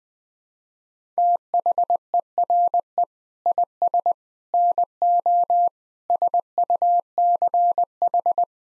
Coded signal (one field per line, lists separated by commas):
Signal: Morse code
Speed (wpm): 20 wpm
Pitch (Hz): 700 Hz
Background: none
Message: THERE IS NO SUCH